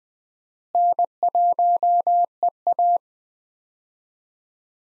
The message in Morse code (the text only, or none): N1EA